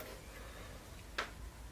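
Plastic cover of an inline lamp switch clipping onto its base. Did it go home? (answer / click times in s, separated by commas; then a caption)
yes / 1.2 s. The plastic cover of an inline lamp switch on a lamp cord is pushed down firmly onto its base over the rewired switch. It clips shut with a sharp click at 1.2 s, followed by a fainter click at 1.7 s, against a low steady background hum. The cover is seated in place.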